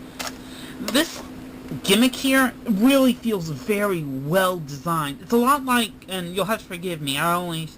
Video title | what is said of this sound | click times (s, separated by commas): Spidey's "Friendly" Review 012 | and then of course you can just close that up and it comes with a nice click | 0.2 s